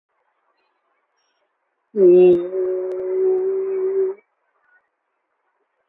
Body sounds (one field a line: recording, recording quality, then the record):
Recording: sustained vowel as in beet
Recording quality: moderate, slight background noise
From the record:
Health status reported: COVID-19 positive, moderate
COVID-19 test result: positive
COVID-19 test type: RT-PCR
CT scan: not taken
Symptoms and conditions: cough, cold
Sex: male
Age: 24 years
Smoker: no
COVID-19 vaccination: both doses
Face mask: not worn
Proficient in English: yes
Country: India